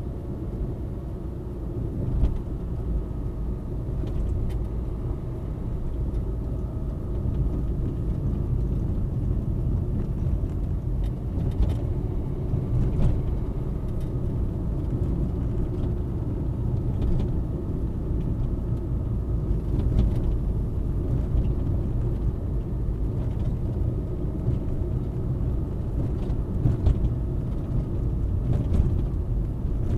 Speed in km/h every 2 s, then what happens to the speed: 47, 44, 44, 44, 39, 37, 43, 46, 47, 46, 43, 43, 45, 45, 40.
0-6 steady at about 44. 6-9 slows to 37. 9-14 speeds up to 46. 14-26 steady at about 45.